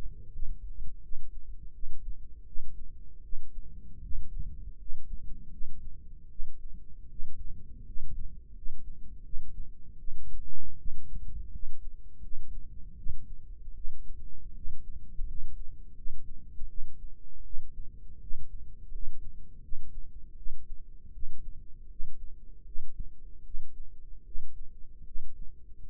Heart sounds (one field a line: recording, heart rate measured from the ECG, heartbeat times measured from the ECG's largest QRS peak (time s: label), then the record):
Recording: heart sounds by microphone in the right ear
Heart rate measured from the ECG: 80 bpm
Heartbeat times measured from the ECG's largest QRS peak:
0.31 s: heartbeat
1.00 s: heartbeat
1.71 s: heartbeat
2.44 s: heartbeat
3.21 s: heartbeat
4.00 s: heartbeat
4.76 s: heartbeat
5.49 s: heartbeat
6.27 s: heartbeat
7.07 s: heartbeat
7.83 s: heartbeat
8.52 s: heartbeat
9.22 s: heartbeat
9.96 s: heartbeat
10.75 s: heartbeat
11.49 s: heartbeat
12.20 s: heartbeat
12.94 s: heartbeat
13.73 s: heartbeat
14.52 s: heartbeat
15.24 s: heartbeat
15.93 s: heartbeat
16.66 s: heartbeat
17.42 s: heartbeat
18.18 s: heartbeat
18.89 s: heartbeat
19.60 s: heartbeat
20.34 s: heartbeat
21.10 s: heartbeat
21.87 s: heartbeat
22.63 s: heartbeat
23.42 s: heartbeat
24.23 s: heartbeat
25.03 s: heartbeat
25.82 s: heartbeat
From the record:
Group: healthy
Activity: cold pressor test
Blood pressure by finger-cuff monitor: 80/53 mmHg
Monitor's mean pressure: 63 mmHg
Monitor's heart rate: 80 bpm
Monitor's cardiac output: 6.7 L/min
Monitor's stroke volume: 84 mL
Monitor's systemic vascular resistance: 660 dyn s/cm5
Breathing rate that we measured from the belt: 17 breaths a minute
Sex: female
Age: 22 years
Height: 163 cm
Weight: 67.1 kg